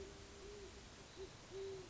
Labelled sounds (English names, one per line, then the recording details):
Great Horned Owl
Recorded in Sonoma County, California